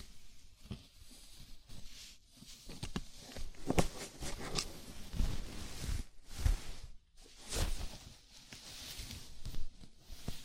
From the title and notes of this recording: ASMR Sleepy Scalp Massage (No Talking).